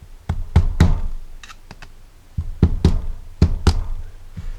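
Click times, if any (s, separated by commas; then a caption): none. A hammer taps a steel snap ring into the groove of a Jeep Saginaw steering gear box housing, producing about ten sharp metallic knocks in uneven bursts over 4.6 seconds. The ring is pressed in almost all the way around, but nothing has seated or clicked yet because its ends overlap.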